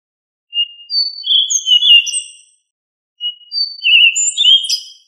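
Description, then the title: Thrush song: two phrases, each starting with a soft whistle and followed by a rich run of slurred, warbling notes. "Familia Turdidae - Sabia"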